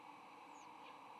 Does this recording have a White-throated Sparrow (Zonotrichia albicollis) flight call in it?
no